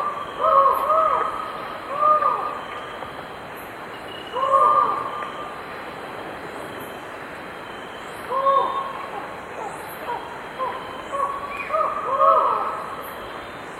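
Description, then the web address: Collared forest-falcon calling with hollow, mournful notes at uneven intervals. Recorded in Ecuador. "Birds of Ecuador. Collared Forest Falcon"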